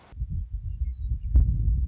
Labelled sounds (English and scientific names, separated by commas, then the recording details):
Western Meadowlark (Sturnella neglecta)
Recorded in Sonoma County, California